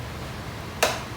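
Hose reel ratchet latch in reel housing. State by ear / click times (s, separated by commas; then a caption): seated / 0.8 s. A garden hose is pulled out from a retractable hose reel until the ratchet latch in the reel housing clicks at 0.8 s and catches, holding the hose in place. Before that, only a quiet low background is heard, and no one talks.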